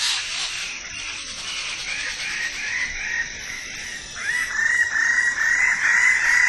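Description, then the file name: Wallace's standardwing giving harsh notes at first, then a louder run of quickly repeated nasal calls, over a steady high-pitched hiss. "suara burung bidadari"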